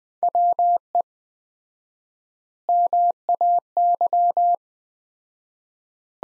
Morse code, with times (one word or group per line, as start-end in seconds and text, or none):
0.2-1.0 WE
2.7-4.5 MAY